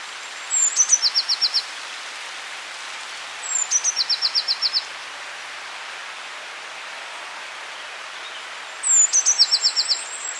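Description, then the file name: Eurasian blue tit song: three phrases, each a couple of very high notes followed by a rapid, even trill. "Cyanistes caeruleus"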